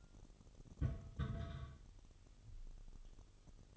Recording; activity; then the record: daily activity, microphone in the room; place on stove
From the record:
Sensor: 4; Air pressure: 989.1 hPa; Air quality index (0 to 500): 210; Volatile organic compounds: 58 ppm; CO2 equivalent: 3398 ppm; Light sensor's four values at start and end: 29/99/37/39 and 29/99/37/39